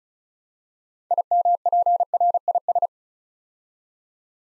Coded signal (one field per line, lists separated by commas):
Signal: Morse code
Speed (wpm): 36 wpm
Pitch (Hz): 700 Hz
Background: none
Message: IMPRIS